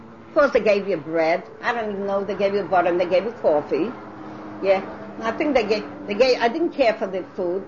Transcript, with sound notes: Of course, they gave you bread. I don't know, they gave you butter, and they gave you coffee, yeah. [Airplane sounds] And I think they gave --- they gave ---- I didn't care for the food.